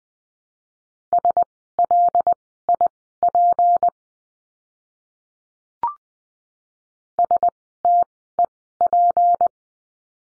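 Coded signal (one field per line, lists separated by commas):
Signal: Morse code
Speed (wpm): 20 wpm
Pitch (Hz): 700 Hz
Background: none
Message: SLIP STEP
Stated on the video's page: Morse lesson practicing words with the letter P, sent at Farnsworth speed 20/10 wpm.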